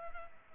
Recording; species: mosquito wingbeat signal from an infrared sensor; Culex pipiens